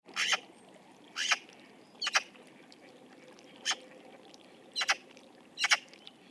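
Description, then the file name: Eurasian magpie chattering, dry rasping notes, some doubled, delivered in irregular bursts roughly every second, with faint background hiss. "Pica pica"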